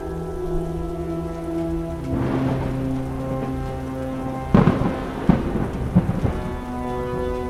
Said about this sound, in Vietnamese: Sấm chớp bủa vây trên đầu, hệt như tấm lưới của mấy người ngư dân.